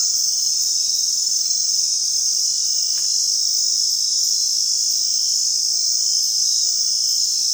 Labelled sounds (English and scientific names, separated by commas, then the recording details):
none
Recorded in dense forest near Puerto Asís, Putumayo, Colombia, on 19 February 2024 at 22:30
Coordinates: 0.499, -76.324
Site G6469